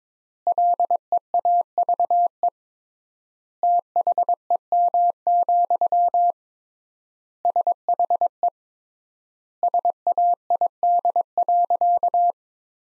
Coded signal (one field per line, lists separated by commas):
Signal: Morse code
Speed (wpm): 22 wpm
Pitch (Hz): 700 Hz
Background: none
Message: LEAVE THEM, SHE SAID.